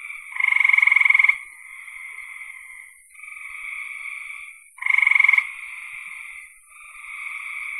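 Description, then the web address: Frogs calling: two loud rapid pulsed trills about four seconds apart, with softer buzzing trills from other frogs filling the gaps. "cn frogs"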